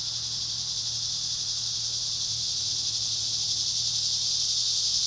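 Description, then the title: Cicada chorus, a shrill continuous buzz that swells slightly, with a faint steady low hum. Recorded at Trinity. "neoscenes: cicadas at Trinity"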